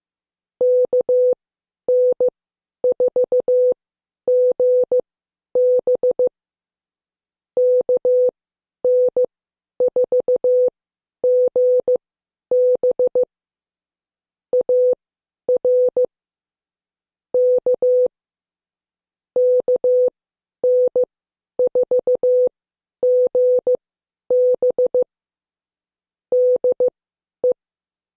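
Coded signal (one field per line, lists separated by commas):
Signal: Morse code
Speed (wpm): 15 wpm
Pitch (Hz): 500 Hz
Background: none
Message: KN4GB KN4GB AR K KN4GB DE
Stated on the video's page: Morse code class lesson, tenth session.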